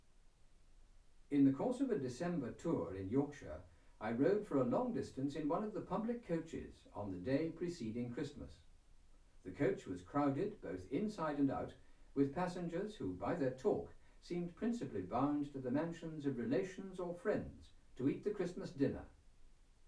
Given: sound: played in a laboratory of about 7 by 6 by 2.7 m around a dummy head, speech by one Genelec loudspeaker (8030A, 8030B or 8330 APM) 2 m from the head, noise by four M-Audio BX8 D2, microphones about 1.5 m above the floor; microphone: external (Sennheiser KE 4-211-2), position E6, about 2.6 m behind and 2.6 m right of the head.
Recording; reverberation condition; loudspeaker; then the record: male speech in English; low; 60 degrees to the right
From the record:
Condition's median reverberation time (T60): about 310 ms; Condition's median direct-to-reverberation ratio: about 3.5 dB